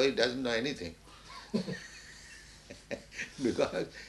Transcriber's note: laughs